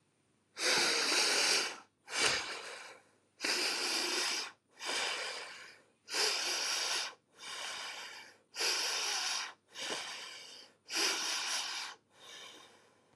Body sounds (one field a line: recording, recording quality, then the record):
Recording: deep breathing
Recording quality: excellent, no background noise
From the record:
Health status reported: healthy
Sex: male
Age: 19 years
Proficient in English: yes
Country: India